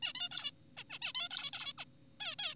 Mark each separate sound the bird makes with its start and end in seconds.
0.03-0.13, 0.15-0.29, 0.32-0.51, 0.78-0.84, 0.90-0.99, 1.02-1.13, 1.15-1.29, 1.31-1.50, 1.53-1.73, 1.78-1.85, 2.21-2.35, 2.39-2.55